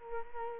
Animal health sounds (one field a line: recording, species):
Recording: mosquito wingbeat signal from an infrared sensor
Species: Culex quinquefasciatus